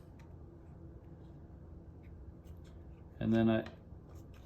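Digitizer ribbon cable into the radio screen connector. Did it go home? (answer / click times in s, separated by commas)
no / none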